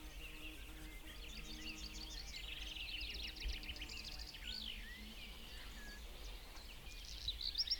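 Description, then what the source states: Birds singing together, many overlapping high chirps and whistles forming a busy chorus above a steady low hum. Birds singing in a forest in the morning.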